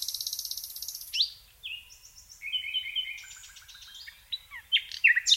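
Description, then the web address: Common nightingale: songbird singing a fast high rattle, then a series of varied whistled and buzzy phrases with sharp notes, quieter in the middle. "SETE data Luscinia megarhynchos"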